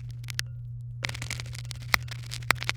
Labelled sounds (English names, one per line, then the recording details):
Domestic Canary song
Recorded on 23 April 2018 at 17:56
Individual llb3